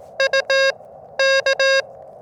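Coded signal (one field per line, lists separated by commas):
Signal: Morse code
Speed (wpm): 18 wpm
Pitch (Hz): 1650 Hz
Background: none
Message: U K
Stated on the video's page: CW Parks on the Air activation with an Elecraft KX2, AX1 antenna and a paddle key, on 40m at 7.063 then 20m at 14062.5; modest pile-ups.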